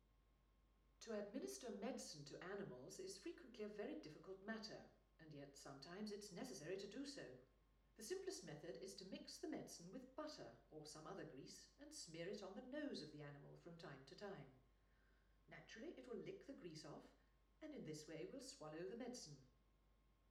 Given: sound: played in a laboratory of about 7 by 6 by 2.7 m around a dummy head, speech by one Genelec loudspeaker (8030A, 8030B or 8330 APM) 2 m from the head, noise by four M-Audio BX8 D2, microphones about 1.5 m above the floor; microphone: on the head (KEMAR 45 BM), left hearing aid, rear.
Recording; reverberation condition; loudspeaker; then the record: female speech in English; medium; 60 degrees to the left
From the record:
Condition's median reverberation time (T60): about 510 ms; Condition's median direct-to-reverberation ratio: about -0.5 dB